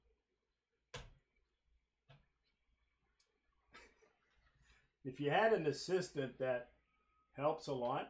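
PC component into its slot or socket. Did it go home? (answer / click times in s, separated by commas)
no / none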